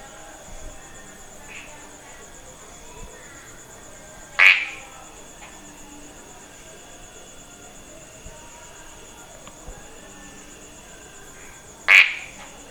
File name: Polypedates leucomystax